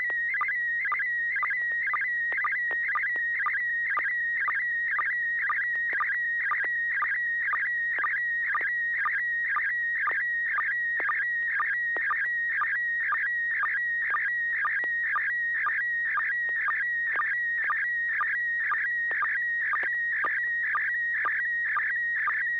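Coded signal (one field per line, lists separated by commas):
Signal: SSTV (slow-scan television)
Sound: steady high whistle broken by warbling bursts and rhythmic low sync blips, twice a second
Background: low hum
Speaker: image I'll let others take a guess first before I guess starting with Carol kp4mg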